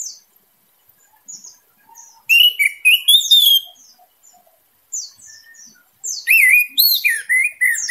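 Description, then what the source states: Orange-headed thrush song in two bursts: strong ringing, twisting whistled phrases mixed with thin high descending notes, with short quiet gaps between. Indonesian name anis merah; singing intensely and continuously, described with the bird-keeping song terms teler, gacor and dor.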